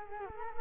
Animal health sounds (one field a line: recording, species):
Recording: mosquito wingbeat signal from an infrared sensor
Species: Culex quinquefasciatus